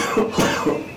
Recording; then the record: coughing mixed with background sound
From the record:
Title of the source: Spring Cold Coughing 3